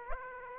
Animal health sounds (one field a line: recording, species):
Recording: mosquito wingbeat signal from an infrared sensor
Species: Aedes aegypti